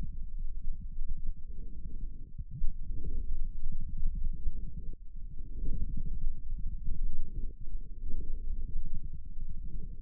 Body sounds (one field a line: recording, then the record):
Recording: forearm muscle sounds (acoustic myography)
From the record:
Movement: forearm supination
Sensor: system 1, eight BSWA MPA416 microphones around the upper forearm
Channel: 8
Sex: male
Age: 28 years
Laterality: right